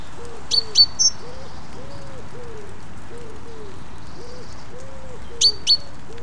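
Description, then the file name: Great tit calls: a few brief high notes at the start and again near the end, while a steady series of low, soft, curved notes continues throughout. "Parus major"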